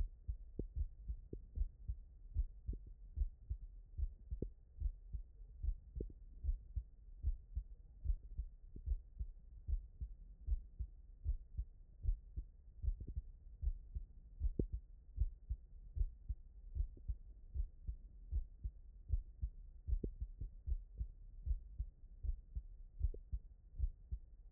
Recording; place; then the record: heart sounds by stethoscope; tricuspid valve (TV)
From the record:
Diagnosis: non-HFrEF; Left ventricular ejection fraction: 58%